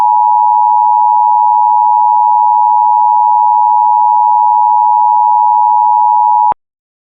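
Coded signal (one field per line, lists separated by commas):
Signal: Emergency Alert System (SAME) tones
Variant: 853 and 960 Hz attention tone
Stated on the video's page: Monthly tests captured from several US states.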